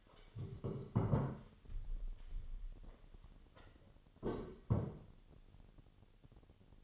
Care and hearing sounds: daily activity, microphone in the room; stand up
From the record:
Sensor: 4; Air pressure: 1016.1 hPa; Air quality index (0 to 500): 166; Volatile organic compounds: 6 ppm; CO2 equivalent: 1894 ppm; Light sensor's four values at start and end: 9/20/8/7 and 9/20/8/7

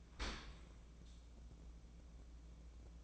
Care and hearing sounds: daily activity, microphone in the room; open dishwasher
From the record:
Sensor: 1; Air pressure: 1012.4 hPa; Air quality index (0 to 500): 172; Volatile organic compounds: 3 ppm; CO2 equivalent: 1401 ppm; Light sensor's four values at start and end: 339/772/343/376 and 340/775/344/378

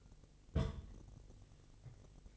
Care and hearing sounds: daily activity, microphone in the room; place on stove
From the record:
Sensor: 4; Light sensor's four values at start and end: 9/20/8/7 and 9/20/8/7

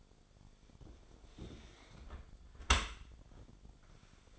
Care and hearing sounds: daily activity, microphone in the room; close dishwasher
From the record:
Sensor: 5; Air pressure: 1006.8 hPa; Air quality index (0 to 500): 184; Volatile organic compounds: 5 ppm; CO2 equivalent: 1756 ppm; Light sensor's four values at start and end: 52/147/57/57 and 52/145/57/57

